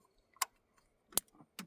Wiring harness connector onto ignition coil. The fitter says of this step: Make sure you hear them lock into place and just give them a tug.